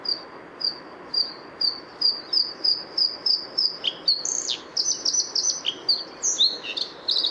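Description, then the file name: Bluethroat song opening with evenly spaced high tinkling notes, then switching to rapid mixed phrases of ringing slurs and downward sweeps. Recorded 6 April 2014 at the Isar river mouth near Deggendorf, Germany. "Blaukehlchen 06 04 2014 Isarmuend DEG Michle Pron"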